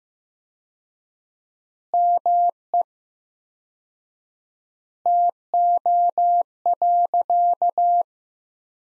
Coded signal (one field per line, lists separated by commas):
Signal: Morse code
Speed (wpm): 15 wpm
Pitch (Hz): 700 Hz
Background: none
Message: ME TO.